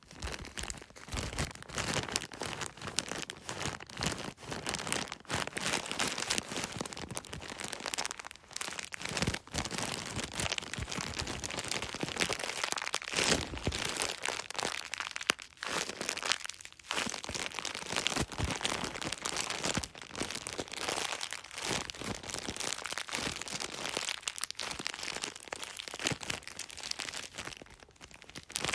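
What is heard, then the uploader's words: A bag is crinkled and handled continuously, producing dense, crackly rustling that runs the full length. The crinkles are bright and busy, swelling and easing in uneven bursts, with a few brief lulls around the middle and near the end. Crinkling Bag.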